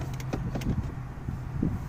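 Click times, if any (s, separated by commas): none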